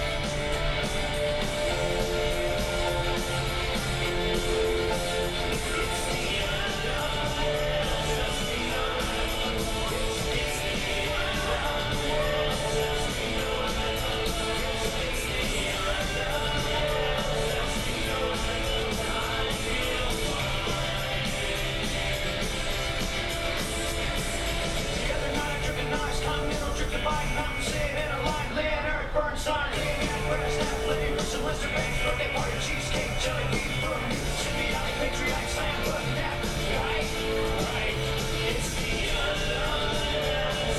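A walk through Animal Kingdom: a steady, dense wash of crowd chatter with voices and occasional shouts, plus a brief dip near 29 seconds.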